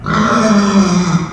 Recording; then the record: squeal of a Yucatan mini pig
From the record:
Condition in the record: after surgery on the right vocal fold (resection and tissue-engineered implant); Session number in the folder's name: 15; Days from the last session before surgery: 175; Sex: female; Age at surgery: 19 weeks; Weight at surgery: 25 kg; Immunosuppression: prednisolone